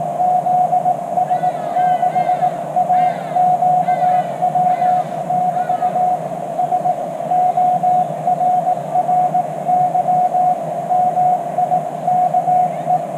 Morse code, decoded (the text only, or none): ZS6AQW <BT> SORRY MIKE